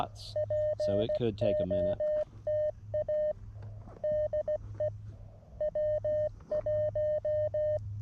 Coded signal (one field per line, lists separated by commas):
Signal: Morse code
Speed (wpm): 16 wpm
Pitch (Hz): 610 Hz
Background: speech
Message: POTA DE W1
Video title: A hike and QRP POTA activation of the Doerun Pitcherplant Bog WMA K-7882